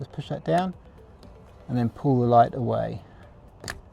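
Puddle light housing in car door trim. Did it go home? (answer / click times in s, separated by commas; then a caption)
released / 3.7 s. Someone talks while the release clip on a car's original door puddle light is pushed down and the plastic light housing is pulled out of the door trim. One sharp click at 3.7 seconds marks the clip popping out and the light coming free.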